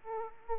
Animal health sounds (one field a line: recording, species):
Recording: mosquito wingbeat signal from an infrared sensor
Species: Aedes aegypti